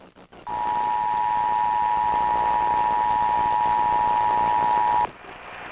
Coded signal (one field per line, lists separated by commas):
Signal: Emergency Alert System (SAME) tones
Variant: 853 and 960 Hz attention tone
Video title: [KGW] Emergency Alert System Test (September 4, 2001)